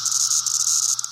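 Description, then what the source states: Periodical cicada chorus: a steady, dense high buzzing drone with a slight pulsing texture, continuous throughout with a brief break near the end. Brood X cicadas emerging by the trillions during the 2021 emergence, from the East Coast to the Midwest.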